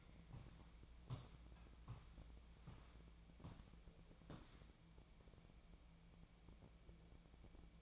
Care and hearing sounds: daily activity, microphone in the room; walk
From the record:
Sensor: 1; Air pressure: 1012.2 hPa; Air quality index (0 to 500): 177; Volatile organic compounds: 3 ppm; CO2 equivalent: 1458 ppm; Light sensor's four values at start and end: 51/138/56/71 and 47/130/53/65

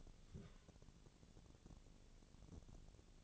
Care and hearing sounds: daily activity, microphone in the room; take from stove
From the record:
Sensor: 4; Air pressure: 1000.8 hPa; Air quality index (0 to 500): 124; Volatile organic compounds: 1 ppm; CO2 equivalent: 934 ppm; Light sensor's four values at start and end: 41/100/42/47 and 41/100/42/47

